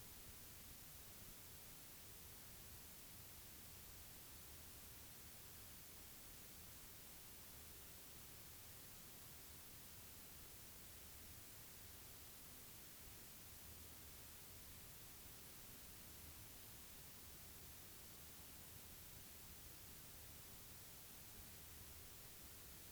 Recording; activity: daily activity, guitar pickup as the sensor; stand